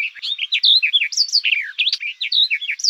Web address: Sylvia nisoria